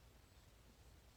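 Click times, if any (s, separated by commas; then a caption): none. The blade of a Great Eastern Cutlery GEC #21 Bull Buster lockback folding knife with orange delrin handles is being handled and opened toward its lockback spring lock. Only faint, steady low-level noise is heard, with no sharp sounds. Nothing has seated or clicked yet; the blade has not locked open.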